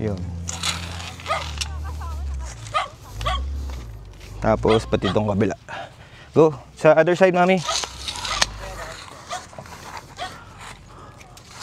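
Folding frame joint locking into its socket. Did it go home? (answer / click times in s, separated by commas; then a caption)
no / none. A folding frame joint is being handled as it is moved toward its socket on the other side of the frame, with someone talking throughout and a few short taps and knocks of handling. Nothing has seated or clicked yet; the clip ends just before the joint locks into place.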